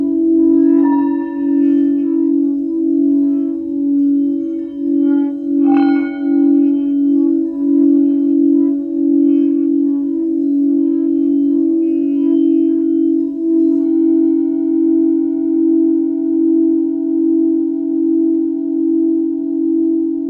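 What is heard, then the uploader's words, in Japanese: A singing bowl hums with a strong, steady low tone that sustains through the whole clip, its loudness gently pulsing. Soft strikes ring out near one and six seconds, adding bright overtones that slowly fade, and a new higher ringing tone enters around fourteen seconds. 日曜の朝のメキシコより シンギングボウルのサウンドヒーリング。3000年の歴史のあるチベタンシンギングボウル。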